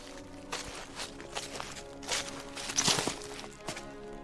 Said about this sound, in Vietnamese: Tiếng bước chân dẫm lên lá khô, tiếng soạt soạt vang lên, nghe rõ lắm. Trong cái màn đêm, dưới tiếng bước chân sột soạt ấy, một mùi tanh hôi bốc đến. Nó đang đến gần.